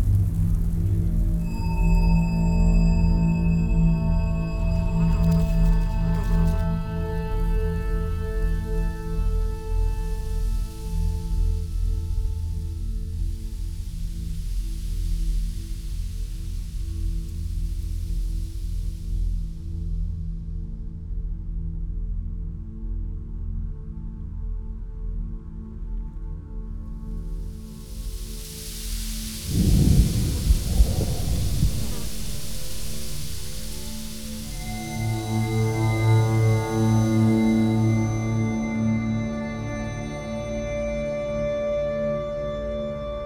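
A generative sound environment of layered, sustained drones and ringing tones that hum and shift slowly, with a bright hissing wash fading in and out during the first twenty seconds. Around thirty seconds a low rumbling swell and a rush of hiss arrive, then ringing tones resume.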